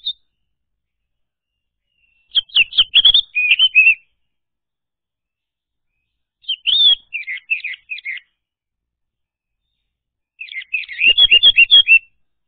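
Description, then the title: Orange-headed thrush singing three rich, varied phrases of rapid warbled and twittering notes, each about one to two seconds long, with pauses between them. Song used to lure a silent orange-headed thrush, locally called anis merah, into singing. "Anis Merah Macet.. Pancing Dengan Suara Ini.. # Anis Merah"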